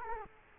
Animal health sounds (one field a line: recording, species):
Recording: mosquito wingbeat signal from an infrared sensor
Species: Culex quinquefasciatus